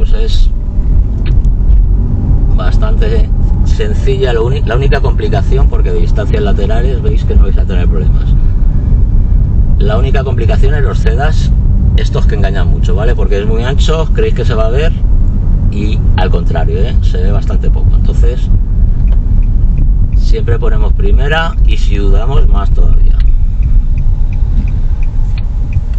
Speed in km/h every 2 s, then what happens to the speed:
20, 27, 30, 31, 31, 31, 29, 29, 28, 26, 24, 17, 10.
0-5 speeds up to 31. 5-15 steady at about 31. 15-26 slows to 10.